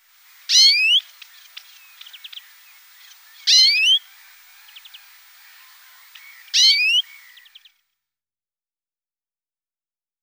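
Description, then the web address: European greenfinch calls: three loud harsh buzzy notes about three seconds apart, with soft twittering chips between them, then silence. "sons oiseaux verdier d'europe"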